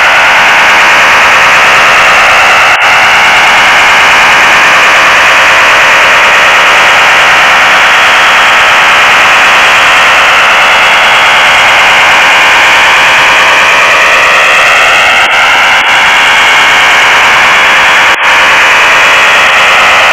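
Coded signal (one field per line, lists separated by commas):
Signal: HF data modem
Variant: STANAG 4285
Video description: Tuning PSK signal, decoding Stanag 4285 (text message)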